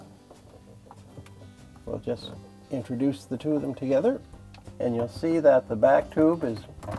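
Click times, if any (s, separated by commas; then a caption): none. Two plastic supply tubes of a Whirlpool dishwasher are brought together and lined up before being rotated and latched into the pump housing during spray arm seal replacement. Only faint, light handling sounds are heard while someone talks. Nothing has locked or clicked into place yet.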